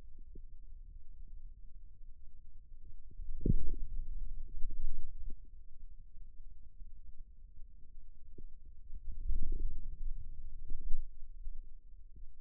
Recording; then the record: forearm muscle sounds (acoustic myography)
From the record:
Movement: radial deviation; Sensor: system 2, bracelet of six BSWA MPA416 microphones around the upper forearm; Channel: 1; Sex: male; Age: 22 years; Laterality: right